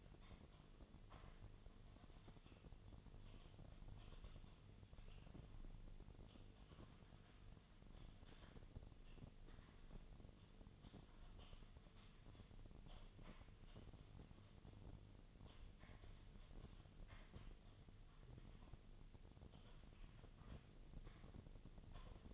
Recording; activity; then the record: daily activity, microphone in the room; typing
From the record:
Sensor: 4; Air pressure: 1010.3 hPa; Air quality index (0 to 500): 179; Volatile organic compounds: 5 ppm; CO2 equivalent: 1818 ppm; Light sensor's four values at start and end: 31/94/36/36 and 32/94/37/37